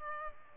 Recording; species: mosquito wingbeat signal from an infrared sensor; Culex pipiens